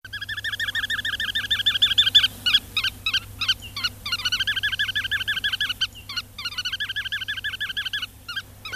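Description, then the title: Bar-tailed Godwit calls, rapid repeated notes in long series broken by brief pauses. "Viikon luontoääni: Punakuiri"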